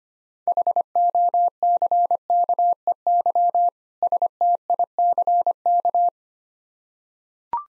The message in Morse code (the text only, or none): HOCKEY STICK